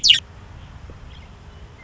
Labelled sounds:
Western Meadowlark
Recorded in Sonoma County, California

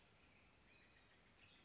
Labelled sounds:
Western Tanager
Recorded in Sonoma County, California

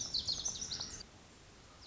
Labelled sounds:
Lazuli Bunting
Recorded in Sonoma County, California

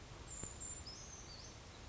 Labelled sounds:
Brown Creeper
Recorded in Sonoma County, California

